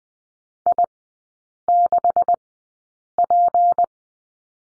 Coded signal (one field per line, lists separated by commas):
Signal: Morse code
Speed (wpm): 20 wpm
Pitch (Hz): 700 Hz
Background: none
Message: I6P